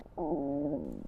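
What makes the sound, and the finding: Stomach. Stomach growling (borborygmi).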